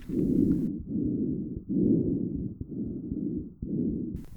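Lungs of an elderly man with suspected aortic stenosis, heard by stethoscope from the back during breathing. Symmetrical crackles at both lung bases.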